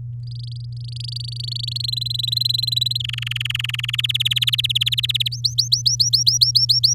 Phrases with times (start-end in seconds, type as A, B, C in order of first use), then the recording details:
0.23-1.82 A, 1.84-2.98 B, 3.00-3.96 C, 3.98-5.28 D, 5.31-6.94 E. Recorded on 10 May 2018 at 13:36. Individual llb16